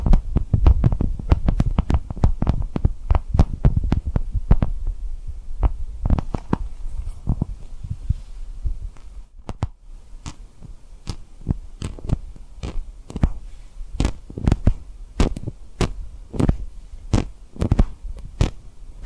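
Tapping and rubbing on a rhinestone-covered surface, heard as a string of sharp, dry taps with short pops. The first five seconds are dense and quick with deep thumps; after that the taps come more sparsely and evenly, with brief soft rubbing between them.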